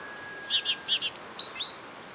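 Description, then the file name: Great tit call: a few short buzzy bursts, then a long thin high whistle and sharp downslurred notes. "Parus major"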